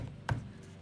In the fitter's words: and that's on and it clicks into place it won't come off